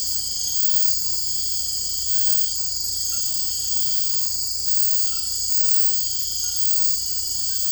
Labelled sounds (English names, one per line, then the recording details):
none
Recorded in dense forest near Puerto Asís, Putumayo, Colombia, on 19 February 2024 at 03:00
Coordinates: 0.487, -76.319
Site G6403